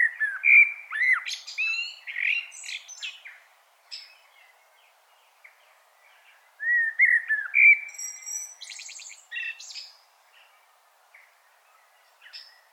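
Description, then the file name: Common blackbird song: two loud fluty whistled phrases each ending in squeaky high twitters, separated by a few seconds, with scattered faint high notes. "Turdus merula"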